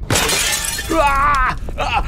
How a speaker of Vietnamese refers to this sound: Cái đèn dầu rơi xuống đất bể tan tành, dầu đổ ra làm ngọn lửa bùng lên lè lói rồi tắt ngấm.